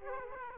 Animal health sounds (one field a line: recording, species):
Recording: mosquito wingbeat signal from an infrared sensor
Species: Aedes aegypti